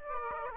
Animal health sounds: mosquito wingbeat signal from an infrared sensor; Aedes aegypti

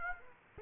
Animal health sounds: mosquito wingbeat signal from an infrared sensor; Aedes aegypti

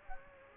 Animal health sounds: mosquito wingbeat signal from an infrared sensor; Culex quinquefasciatus

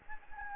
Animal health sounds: mosquito wingbeat signal from an infrared sensor; Anopheles gambiae

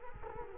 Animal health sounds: mosquito wingbeat signal from an infrared sensor; Culex quinquefasciatus

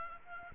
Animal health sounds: mosquito wingbeat signal from an infrared sensor; Aedes aegypti

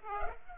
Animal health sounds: mosquito wingbeat signal from an infrared sensor; Culex pipiens

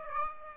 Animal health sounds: mosquito wingbeat signal from an infrared sensor; Aedes aegypti

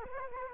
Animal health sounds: mosquito wingbeat signal from an infrared sensor; Culex quinquefasciatus

